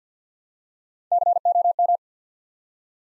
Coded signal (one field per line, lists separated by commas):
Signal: Morse code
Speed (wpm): 50 wpm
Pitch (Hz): 700 Hz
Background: none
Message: COM